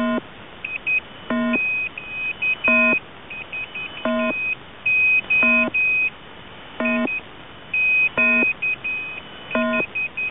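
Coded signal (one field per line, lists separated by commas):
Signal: channel marker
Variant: The Squeaky Wheel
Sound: looping squeaky pattern: short buzzy bursts alternating with high steady tones, repeating every 1.4 seconds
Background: radio static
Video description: "The Squeaky Wheel" is a Russian military station that broadcasts on 5367 kHz at daytime and on 3363.5 kHz at nighttime.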